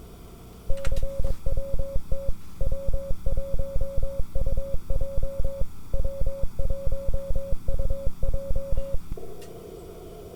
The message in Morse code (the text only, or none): CWT W1UJ W1UJ